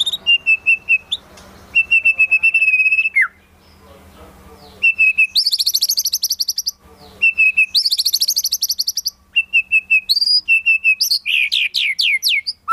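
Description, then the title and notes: White-rumped shama song alternating steady whistled phrases with dense high buzzy trills, separated by short pauses, ending in sharp sweeping notes. Song used as a lure for trapping birds. "Pikat Murai Batu Durasi Panjang. Burung Murai Batu"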